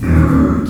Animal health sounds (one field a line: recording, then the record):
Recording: squeal of a Yucatan mini pig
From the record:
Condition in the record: after surgery on the right vocal fold (resection and tissue-engineered implant)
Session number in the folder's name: 11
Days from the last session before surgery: 98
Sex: female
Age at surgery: 19 weeks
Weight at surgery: 25 kg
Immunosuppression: prednisolone